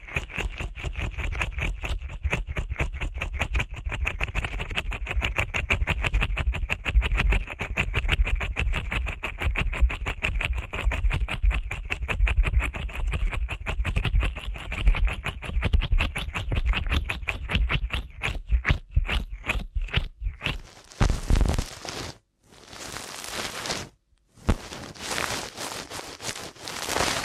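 Dense, rapid scratching and scraping of ear cleaning runs steadily for twenty seconds, then turns into harsher rubbing bursts broken by two brief silences.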